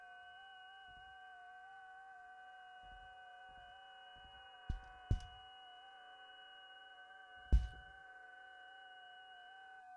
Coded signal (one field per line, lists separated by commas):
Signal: FT8